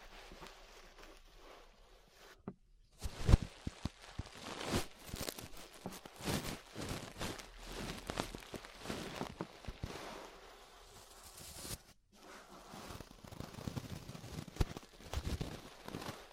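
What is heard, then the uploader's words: Ear brushing: bristles sweep and scrape in quick, irregular strokes, a dense rustling hiss that stays bright across the whole clip. Two brief silences break it, near 2.5 seconds and just before 12 seconds, and a sharper tap stands out around 3 seconds. ASMR Relaxing 3Dio Ear Brushing (No Talking).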